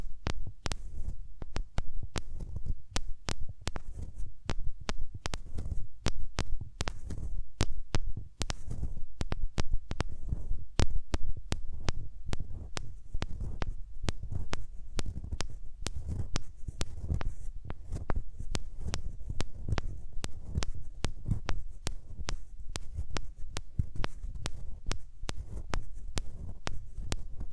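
Hands rub over the ears in a dense, continuous stream of soft, low, muffled thumps and brushing. Sharp crackling clicks cut through constantly at an irregular pace, bunching together in places. A low rumble runs underneath throughout, and no voice is heard.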